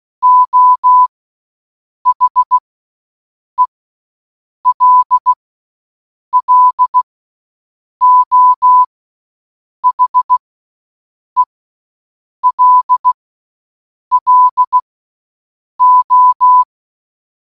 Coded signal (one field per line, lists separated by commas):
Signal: Morse code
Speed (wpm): 16 wpm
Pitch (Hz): 1000 Hz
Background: none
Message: O HELLO HELLO